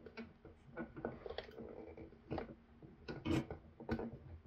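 Hands pull on the wires and the rubber cable-lead bushing of a 12 volt 2000 GPH bilge pump, working the bushing toward its seat in the plastic pump housing. Rubbing and handling noises are heard, with brief sharp ticks around 1.1, 1.4, 2.4 and 3.9 seconds. The bushing has not popped into place yet; nothing has seated by the end.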